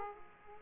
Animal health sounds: mosquito wingbeat signal from an infrared sensor; Aedes aegypti

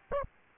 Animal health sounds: mosquito wingbeat signal from an infrared sensor; Aedes albopictus

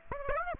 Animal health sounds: mosquito wingbeat signal from an infrared sensor; Aedes aegypti

